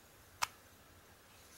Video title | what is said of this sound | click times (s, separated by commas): Review of Seidio kickstand case for LG Nexus 4 | this way snaps into place | 0.4 s